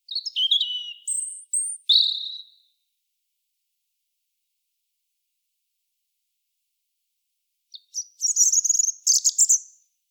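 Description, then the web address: European robin song: two bursts of high, thin, tumbling notes, the first with falling whistles, the second a rapid jingling warble, separated by about five seconds of silence. "SETE Erithacus rubecula"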